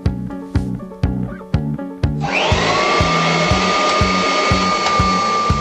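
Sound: vacuum cleaner running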